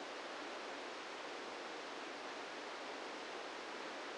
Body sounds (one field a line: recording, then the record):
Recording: brain microelectrode recording played as sound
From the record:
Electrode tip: outside the subthalamic nucleus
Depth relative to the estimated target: 1 mm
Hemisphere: right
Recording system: NeuroSet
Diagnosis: Parkinson's disease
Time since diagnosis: 17 years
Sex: male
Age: 64 years